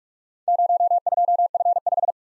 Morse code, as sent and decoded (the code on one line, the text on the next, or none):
----- ..--- ..-. .....
02F5